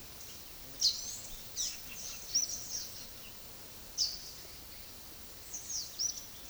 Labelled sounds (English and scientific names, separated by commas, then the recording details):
White-lored Euphonia (Euphonia chrysopasta)
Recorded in secondary vegetation near Puerto Asís, Putumayo, Colombia, on 19 February 2024 at 11:30
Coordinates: 0.500, -76.326
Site G6428